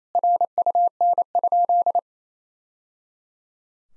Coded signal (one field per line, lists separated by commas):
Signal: Morse code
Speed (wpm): 28 wpm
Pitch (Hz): 700 Hz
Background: none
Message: RUN?